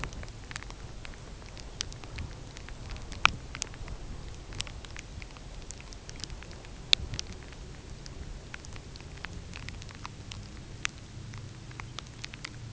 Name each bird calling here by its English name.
none